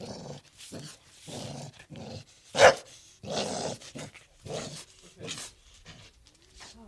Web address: pit bull